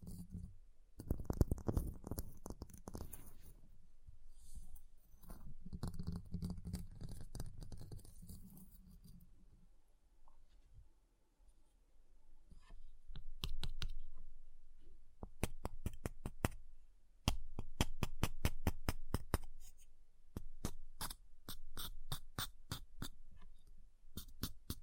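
Ice being scratched and carved, with a rough, busy scraping texture for the first ten seconds or so. After a brief lull, sharp, bright tapping takes over, with quick clicks in uneven bursts that grow denser toward the end.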